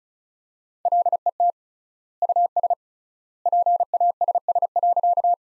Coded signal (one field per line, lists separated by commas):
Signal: Morse code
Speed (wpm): 34 wpm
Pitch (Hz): 700 Hz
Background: none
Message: LET US PASS.